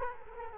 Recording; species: mosquito wingbeat signal from an infrared sensor; Culex quinquefasciatus